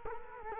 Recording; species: mosquito wingbeat signal from an infrared sensor; Culex quinquefasciatus